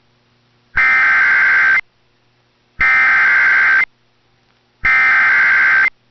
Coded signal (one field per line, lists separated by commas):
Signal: Emergency Alert System (SAME) tones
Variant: header bursts